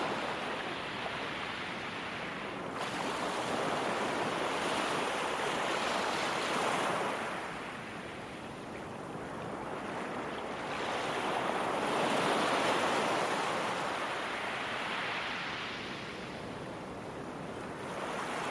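Ocean surf rolls in a continuous hiss, swelling and easing in slow waves every few seconds, with a faint high whine throughout.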